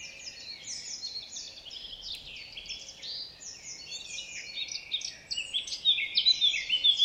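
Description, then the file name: Eurasian blackcap song: a rapid, varied run of high chirping and scratchy notes that grows louder and more liquid toward the end, with faint background hiss. "Sylvia atricapilla"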